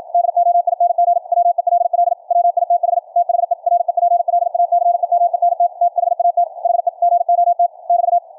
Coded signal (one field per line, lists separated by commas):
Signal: Morse code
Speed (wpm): 53 wpm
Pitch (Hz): 700 Hz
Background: radio noise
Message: DOING WELL WITH THE REPLACEMENT THAT HE GOT <BT>